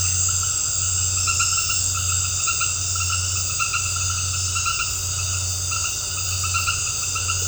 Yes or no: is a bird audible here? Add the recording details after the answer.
no. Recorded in dense forest near Puerto Asís, Putumayo, Colombia, on 19 March 2025 at 19:30. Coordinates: 0.468, -76.322. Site GP01